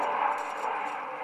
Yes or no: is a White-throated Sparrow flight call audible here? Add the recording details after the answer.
no. No flight call is heard. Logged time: 04:14 on 13 December 2014